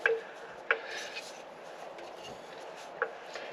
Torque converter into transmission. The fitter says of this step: don't know if you heard both clicks there, but we're good to go.